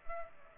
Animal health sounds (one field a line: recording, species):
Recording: mosquito wingbeat signal from an infrared sensor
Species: Culex pipiens